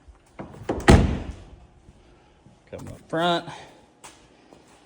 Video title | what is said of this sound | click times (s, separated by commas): Engine Oil and Filter Change - 1999-2005 Oldsmobile Alero & Pontiac Grand Am (2.2L 4-Cyl) | see that lever pull it to here click coming up | 0.4 s, 0.7 s